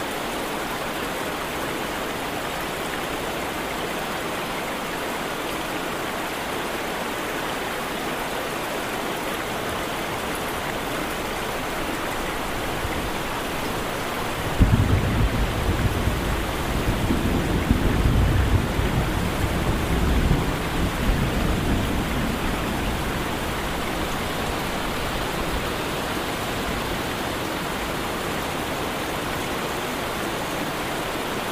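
Rain falls in a dense, steady hiss that fills the whole clip with an even, bright wash. Around fifteen seconds a low rumble of distant thunder swells in, rolls for about six seconds, and fades back into the continuing rain.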